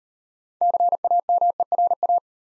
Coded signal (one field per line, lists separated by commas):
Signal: Morse code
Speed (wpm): 38 wpm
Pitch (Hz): 700 Hz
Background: none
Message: CAMERA